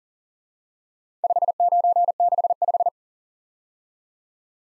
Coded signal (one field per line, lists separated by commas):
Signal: Morse code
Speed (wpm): 40 wpm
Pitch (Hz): 700 Hz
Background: none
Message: 5965